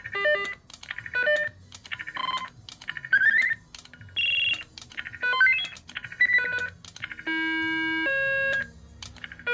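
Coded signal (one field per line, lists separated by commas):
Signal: roger beep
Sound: about a dozen different short electronic beep jingles, chirps and stepping tone melodies in succession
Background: radio static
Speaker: Fait que là ça c'était la démonstration des Roger Bip.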